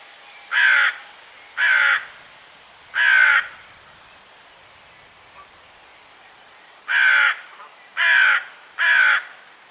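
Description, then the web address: Bird giving harsh, hoarse cawing calls, three spaced caws, a pause of several seconds, then three more caws, against a quiet background. "cianscape. Deverinetal 2025. Bird Only"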